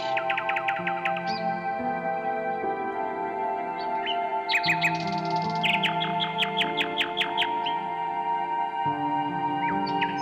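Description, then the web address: Nightingale song with fast rattling series of repeated notes, brief whistles and clicky sweeps, heard over a continuous low droning musical chord. "Circlesandlines recordings. h wialenove - nightingale song"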